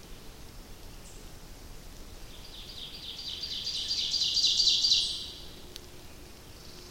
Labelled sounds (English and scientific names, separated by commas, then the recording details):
Ovenbird (Seiurus aurocapilla) song
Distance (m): 25 m
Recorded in boreal forest in Alberta, Canada, on 28 May 2016 at 07:22
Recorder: SongMeter 3, array SBT-3-49
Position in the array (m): 35 m, 192 m
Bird 15